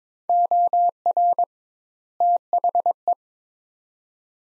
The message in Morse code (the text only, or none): OR THE